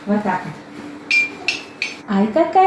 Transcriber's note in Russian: Вкладывает в ручку палочку, стучит вместе с ним